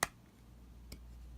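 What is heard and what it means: A die-cast Hot Wheels toy spaceship is pressed onto its plastic display stand and snaps in with one sharp click at 0.0 s. A fainter tick follows at 0.9 s over a low steady hum, and the ship is seated on the stand.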